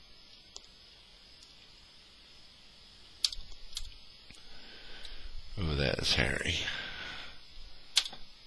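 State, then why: Seated. A plastic engine brick part is pressed into a LEGO Executor Class Star Destroyer 10221 brick model after a hard attempt, with small handling clicks around 3.3 and 3.8 seconds while someone talks. A sharp click at 8.0 seconds marks the engine piece snapping in and seating.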